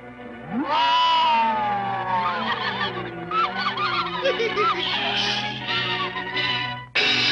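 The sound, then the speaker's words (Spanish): A voice imitates wind howling on a dark, stormy night: a long, wavering, rising and falling 'oooo' held for several seconds, loud and tonal, sliding in pitch like a gusty gale, then cutting off abruptly. “¡También aullaba!”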